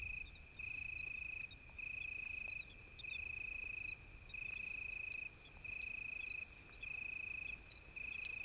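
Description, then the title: Italian tree cricket song of long, even trilled phrases with short gaps, punctuated by regular hissy chirps from a second insect; quiet background. Italian tree cricket singing in deep darkness on a moonless night during a thunderstorm with occasional lightning; Ephippiger vineyard bush-cricket and tinkling crickets audible in background. "naturophonie. Un grillon sous l'orage"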